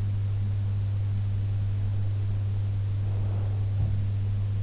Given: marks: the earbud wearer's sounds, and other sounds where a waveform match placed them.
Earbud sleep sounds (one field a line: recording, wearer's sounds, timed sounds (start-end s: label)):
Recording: sounds in sleep by an in-ear microphone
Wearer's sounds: breath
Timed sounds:
2.90-3.92 s: breath